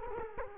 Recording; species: mosquito wingbeat signal from an infrared sensor; Culex quinquefasciatus